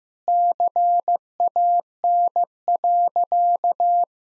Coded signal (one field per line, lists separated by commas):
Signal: Morse code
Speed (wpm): 15 wpm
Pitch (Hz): 700 Hz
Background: none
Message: CAN.